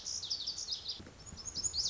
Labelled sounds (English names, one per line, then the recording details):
Lazuli Bunting
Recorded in Sonoma County, California